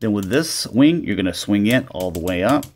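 A plastic wing panel of an MP-28 Hot Rod / Hot Rodimus Transformers Masterpiece action figure is handled while someone talks throughout. The wing is about to be swung all the way up toward its detent on the figure's body, where it lines up. Nothing has seated or clicked yet.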